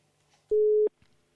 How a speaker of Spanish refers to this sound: Vamos a llamarle por teléfono a ver qué movidas nos cuenta hoy.